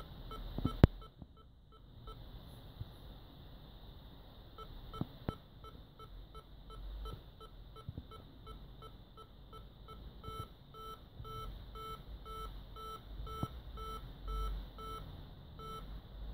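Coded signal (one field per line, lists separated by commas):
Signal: none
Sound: distance sensor beeps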